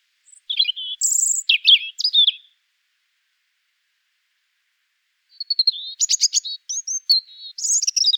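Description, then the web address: European Robin song: two bursts of varied high warbling phrases separated by about three seconds of silence. "erithacus rubecula call"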